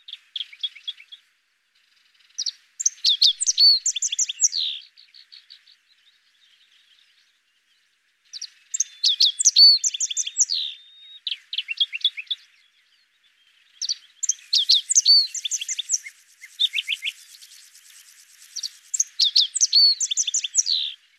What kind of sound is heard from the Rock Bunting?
song